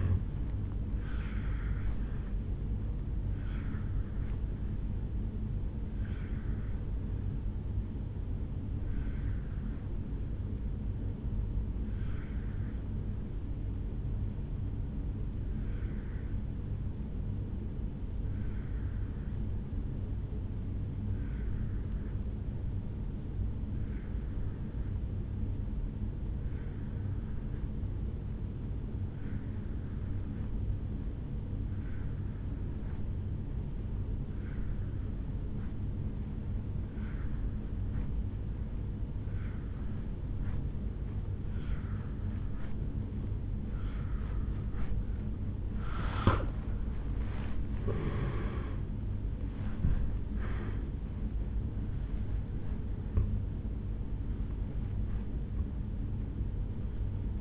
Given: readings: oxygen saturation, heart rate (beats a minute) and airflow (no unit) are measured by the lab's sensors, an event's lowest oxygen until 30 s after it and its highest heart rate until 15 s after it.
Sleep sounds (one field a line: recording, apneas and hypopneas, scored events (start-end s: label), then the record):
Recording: breathing in sleep by a smartphone at the bedside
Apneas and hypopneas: 1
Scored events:
8.00-45.70 s: obstructive apnea (N1, oxygen 96% highest, then 83% lowest, heart rate 62 at the start, 75 highest)
27.00-57.41 s: new sleep stage, N2 (light sleep)
From the record:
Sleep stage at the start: N1 (lightest sleep)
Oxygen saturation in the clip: 82 to 96%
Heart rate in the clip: 54 to 78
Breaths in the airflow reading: 3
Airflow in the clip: -11.1 to 8.2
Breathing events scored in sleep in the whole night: 449 in 7.0 hours asleep